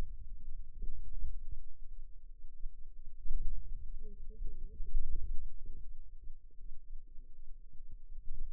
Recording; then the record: forearm muscle sounds (acoustic myography)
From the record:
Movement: ulnar deviation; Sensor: system 2, bracelet of six BSWA MPA416 microphones around the upper forearm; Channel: 1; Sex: female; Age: 21 years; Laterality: right